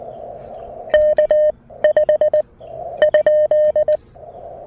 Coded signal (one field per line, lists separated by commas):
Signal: Morse code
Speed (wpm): 18 wpm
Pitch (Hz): 590 Hz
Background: none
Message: K 5 ?